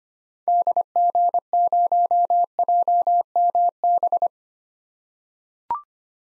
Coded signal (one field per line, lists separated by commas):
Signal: Morse code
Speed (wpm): 25 wpm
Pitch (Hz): 700 Hz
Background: none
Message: DG0JMB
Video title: 2023 SOTA Activator Call Signs - 25wpm